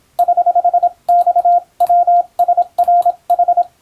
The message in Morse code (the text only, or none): <HH> XWSRH